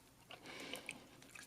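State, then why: Not seated. A plastic accessory piece is twisted onto a peg on the other side of a Hasbro Marvel Legends Strong Guy (X-Factor) Deluxe action figure, giving soft rubbing and scraping with a few faint ticks around 0.3, 0.7, 0.9, 1.2 and 1.4 seconds. The piece has not snapped or locked in, and nothing has seated or clicked.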